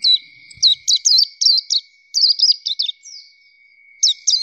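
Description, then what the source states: Nightingale singing bright, rapid, high-pitched twittering phrases of sharply bent notes, broken by brief pauses, over a faint steady whine. Masteran training song for teaching kept songbirds to sing.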